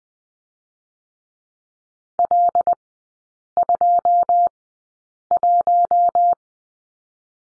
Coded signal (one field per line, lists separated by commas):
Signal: Morse code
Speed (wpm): 19 wpm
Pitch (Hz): 700 Hz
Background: none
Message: L 2 1